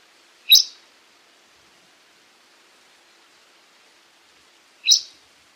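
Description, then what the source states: Bird calls: two brief, sharp, high notes about four seconds apart, with near silence between them. Recorded in Papua New Guinea.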